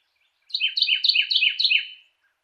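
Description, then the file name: Carolina wren song: a single rapid strophe of five loud, repeated phrases, each dropping in pitch, lasting about one and a half seconds. Song variation number three. "suara-kicauan-burung-carolina-wren-variasi-3-omkicau"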